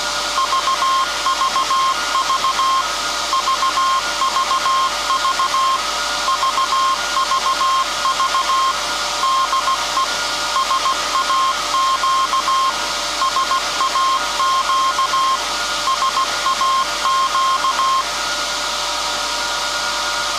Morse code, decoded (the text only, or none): VVV VVV VVV DE SAQ SAQ SAQ